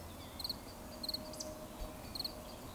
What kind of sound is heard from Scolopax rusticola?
whistle